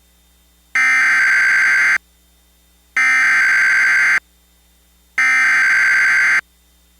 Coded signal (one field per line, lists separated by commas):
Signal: Emergency Alert System (SAME) tones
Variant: header bursts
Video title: EAS Recreation Mock | Maryland tornado drill April